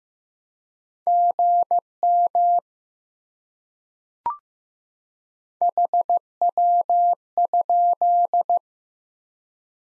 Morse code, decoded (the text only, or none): GM HW?